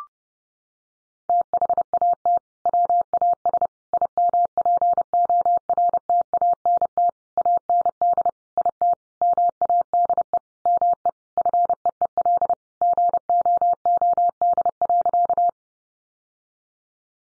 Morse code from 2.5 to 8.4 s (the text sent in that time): WAS IMPORTANT AND